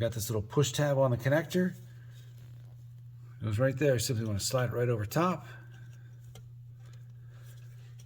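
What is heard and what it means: Someone talks while sliding a plastic wiring harness connector with a small push tab over the replacement secondary air valve on the bank 1, driver's side of a Tundra V8 engine. After the talking stops, a few faint handling ticks follow near 6.4, 6.9 and 8.0 seconds. The connector has not clicked or seated yet when the clip ends.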